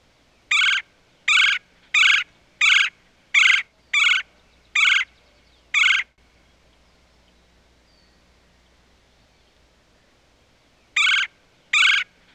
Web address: Red Bellied Woodpecker